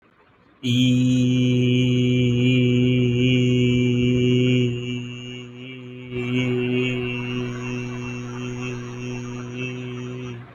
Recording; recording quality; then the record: sustained vowel as in beet; excellent, no background noise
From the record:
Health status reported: healthy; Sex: male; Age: 31 years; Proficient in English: yes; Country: India